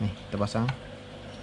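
Someone talks while handling the head control cable plug at the socket of a Whelen HHS 2200 siren module with a 200-watt head control. Nothing has seated or clicked yet; the plug is not yet pushed home.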